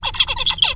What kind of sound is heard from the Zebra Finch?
song